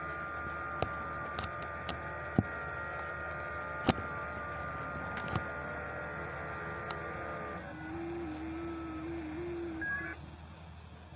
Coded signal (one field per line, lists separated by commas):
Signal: FT8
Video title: Power's Out! Quick Test-Portable Station. Multiband Vertical Antenna 20/17/15/12/10 Meters.